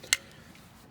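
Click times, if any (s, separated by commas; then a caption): 0.1 s. A plastic push-in clip is pushed down onto the headlight mounting of a Jeep and snaps on with one sharp, short click at 0.1 seconds, rising well above the faint background. The clip is seated.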